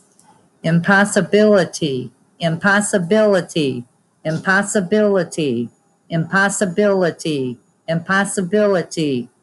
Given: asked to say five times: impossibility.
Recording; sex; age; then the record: repeated word; female; 50 to 59 years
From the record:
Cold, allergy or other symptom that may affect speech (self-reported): no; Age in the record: 58 years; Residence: Indiana, United States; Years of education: 12